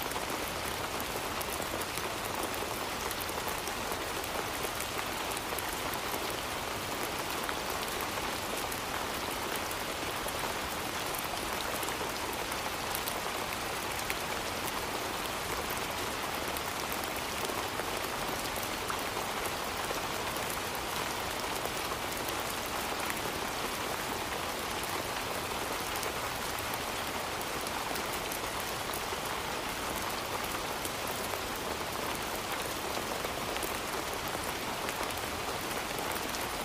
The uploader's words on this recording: Relaxing Summer Rain Sounds.